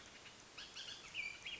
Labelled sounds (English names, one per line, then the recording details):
Bullock's Oriole
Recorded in Sonoma County, California